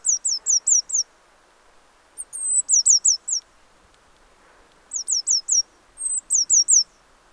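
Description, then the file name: Eurasian blue tit calling in short bursts of four or five high, thin, downslurred notes, some bursts opened by a longer drawn-out whistle, with pauses between bursts and a soft background hiss. "Cyanistes caeruleus"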